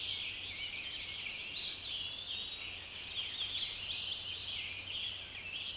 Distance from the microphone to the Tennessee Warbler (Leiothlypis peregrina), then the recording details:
about 15 m. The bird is about 15 m above the microphone. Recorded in a Pennsylvania forest on 16 May 2024 at 06:42. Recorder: AudioMoth, point MSD-0215. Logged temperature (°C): 16.1 °C. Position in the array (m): 32 m, 135 m